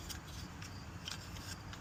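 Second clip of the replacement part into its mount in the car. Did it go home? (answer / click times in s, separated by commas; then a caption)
no / none. The second clip of a replacement part is pushed into its mount in a 1986 Fiero GT, with only a few faint taps over a low, steady background rumble. The part sits in position, but nothing has seated or clicked yet.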